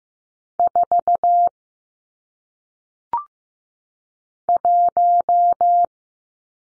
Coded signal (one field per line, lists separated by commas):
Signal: Morse code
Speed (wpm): 15 wpm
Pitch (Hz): 700 Hz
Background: none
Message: 4 1